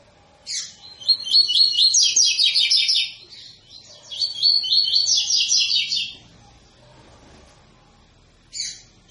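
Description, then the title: Double-collared seedeater song of two rapid, chattering phrases of sharp high notes, then silence and a brief final note. Tui-tui song style, a 'fibra' bird; teacher song used for training young birds. "COLEIRO TUI TUI FIBRA CANTO PROFESSOR"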